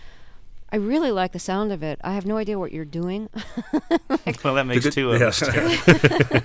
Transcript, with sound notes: I really like the sound of it. I have no idea what you're doing.
(Soundbite of laughter)
Well, that makes two of us...